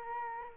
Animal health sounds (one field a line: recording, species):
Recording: mosquito wingbeat signal from an infrared sensor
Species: Culex quinquefasciatus